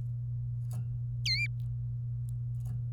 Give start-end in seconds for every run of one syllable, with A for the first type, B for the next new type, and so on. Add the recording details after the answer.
1.26-1.47 A. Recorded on 24 April 2018 at 10:51. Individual llb3